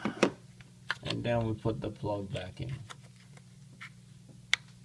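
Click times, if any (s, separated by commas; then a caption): 4.5 s. On a 2005 Nissan Maxima engine, someone talks while the wiring harness's electrical plug is pushed back onto the ignition coil pack. After a few soft knocks, a sharp click at 4.5 s marks the connector seating in place.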